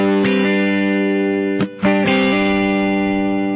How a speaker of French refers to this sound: Ah, par exemple, là ils prennent un 57 Deluxe. Alors. Et tu règles le gain comme tu veux. Ah, eux ils ont fait un truc d'origine. Ça c'est d'origine leur truc. Ils ont mis du gain et ils ont mis un délai et une reverb.